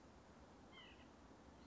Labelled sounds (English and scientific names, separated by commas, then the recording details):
White-breasted Nuthatch (Sitta carolinensis)
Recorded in Sonoma County, California